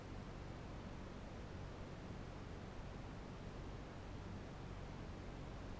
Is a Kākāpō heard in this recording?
no